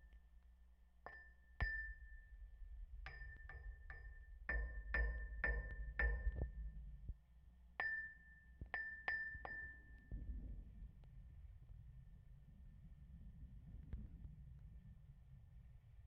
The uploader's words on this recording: We didn't tape down the mics sufficiently on this one so the sound is a bit off and noisier than I'd like. This comes from an elaborate rusty metal structure that the DNR uses to pull huge catches of sample fish from the fish ladder near the hydroelectric dam. I stood in the middle of it and beat both sides with my outstretched hands. The real ringing sounds come from when my rings strike the poles.